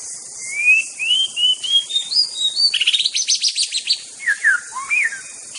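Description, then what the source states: White-rumped shama singing a stepped series of rising whistles, then a fast burst of sharp notes and several swooping, falling whistles near the end. Forest-type white-rumped shama.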